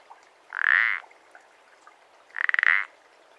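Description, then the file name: Common parsley frog calling: two short creaking croaks about two seconds apart, each a rasping burst centred near mid-high pitch, over quiet background. "pelodyte-ponctué"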